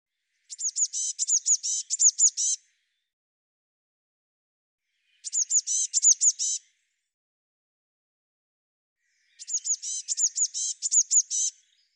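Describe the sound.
Eurasian blue tit calls: three bursts of fast, thin, very high repeated notes, each lasting about two seconds, separated by a few seconds of silence.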